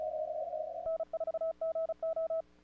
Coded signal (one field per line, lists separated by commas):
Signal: Morse code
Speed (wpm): 34 wpm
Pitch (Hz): 1300 Hz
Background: none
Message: N4GO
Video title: WAE CW CONTROL Z N1MM TO SEND QTC